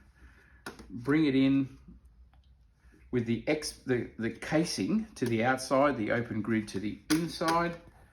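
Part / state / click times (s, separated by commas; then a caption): filter cartridge plate into robotic pool cleaner filter basket / not seated / none. A second plastic filter cartridge plate is handled for a Maytronics Dolphin robotic pool cleaner's filter basket, to be fitted with the casing to the outside and the open grid to the inside. Someone talks throughout, with faint handling sounds between phrases. Nothing has seated or clicked yet.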